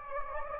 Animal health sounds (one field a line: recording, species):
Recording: mosquito wingbeat signal from an infrared sensor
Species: Anopheles gambiae